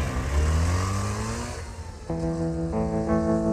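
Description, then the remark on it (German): A car engine revs loudly, its pitch climbing and dropping, then steps up again through sharp bursts of acceleration as a car just broken into in a side street pulls away. No voices are heard. “Es dauerte nur eine knappe Minute, bis Nina in einer Seitenstraße ein Auto aufgebrochen hatte.”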